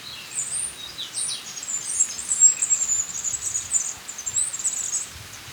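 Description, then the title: Black-crested warbler singing a high, thin, rapid chatter of squeaky notes that jumps about and runs nearly five seconds, over a steady low background hiss. "Myiothlypis Nigrocristata"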